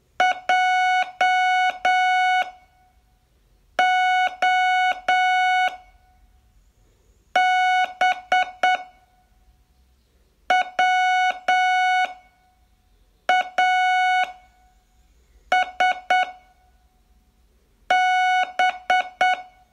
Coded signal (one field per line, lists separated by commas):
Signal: Morse code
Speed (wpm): 8 wpm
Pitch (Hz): 740 Hz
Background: none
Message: J O B W A S B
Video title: Learn Morse in 42 Days from VU2LAU - day18